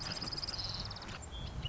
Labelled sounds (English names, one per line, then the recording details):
Marsh Wren
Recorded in Sonoma County, California